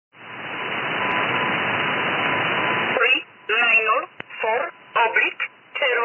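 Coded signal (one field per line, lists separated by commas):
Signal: numbers station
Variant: E11 'Oblique'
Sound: steady radio hiss, then about five short evenly spaced spoken words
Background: radio static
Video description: Here is a recording of the E11 Polish numbers station as received in Birmingham UK on the 5th of March 2022 at 19:10 GMT.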